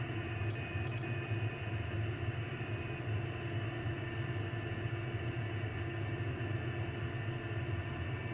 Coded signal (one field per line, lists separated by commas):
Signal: FT8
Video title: icom ic756 pro on ft8 finally. 60m ham radio